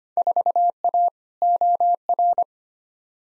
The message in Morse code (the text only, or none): 4A OR